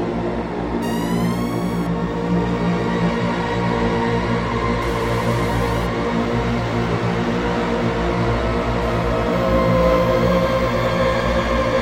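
Ambient drone music: a thick, steady bed of layered tones with an underlying bassy hum that holds level throughout. Higher tones drift and weave over it, and brief bright shimmering sweeps appear near 1, 5 and 9 seconds.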